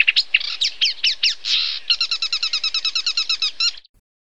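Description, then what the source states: Marsh Warbler song: quick scratchy notes followed by a rapid, evenly repeated series of bright chirps, stopping abruptly after about four seconds. Song enriched with phrases of other birds, even species from African wintering grounds; lives in tussocks and weedy thickets.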